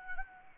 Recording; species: mosquito wingbeat signal from an infrared sensor; Anopheles arabiensis